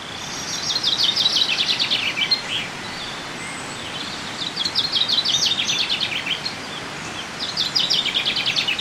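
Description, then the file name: Common chaffinch song: three descending rattling trills, the last cut off at the end, over steady loud background hiss. "Fringilla coelebs"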